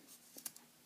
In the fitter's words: bring it down until it clicks in that little thing